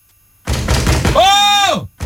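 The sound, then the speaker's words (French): Several heavy, rapid thuds pound on a closed door, then a loud shouted voice demanding the door be opened rises and falls over the banging before it cuts off. “Oh, ouvre la porte ou je la défonce.”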